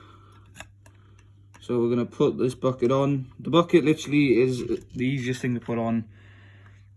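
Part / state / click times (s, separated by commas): toy loader bucket onto the model tractor's loader arms / not seated / none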